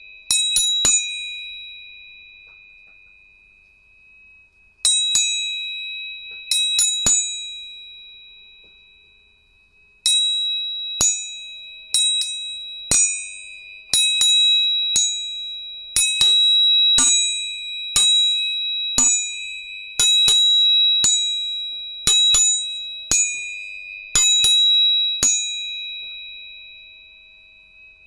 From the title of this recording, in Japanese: 音叉チューニング3本